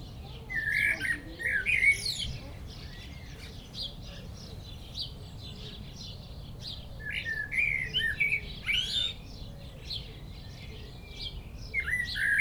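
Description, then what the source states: Common blackbird song, a few warbling phrases with squeaky twittering endings, separated by pauses. Perched atop a tree singing in Châtillon village, Chindrieux, France; Zoom H4n Pro set vertically on the ground, preamp level 100.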